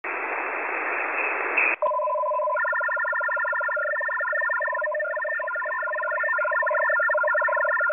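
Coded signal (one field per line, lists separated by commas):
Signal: HF data modem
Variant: F03j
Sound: a short burst of wide hiss, then rapid chattering beeps on about five pitches at once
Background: radio static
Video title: F03j Data Mode 01/01/2024 1015 UTC 12089kHz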